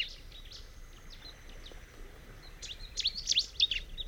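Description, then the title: Bar-winged prinia: faint high notes at first, then a loud burst of quick, sweeping chirps near the end over steady background noise. "Ciblek Pro"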